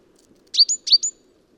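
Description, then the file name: Great tit giving two sharp, high double chirps in quick succession, each a dropping note followed by a short upward flick. "Parus major"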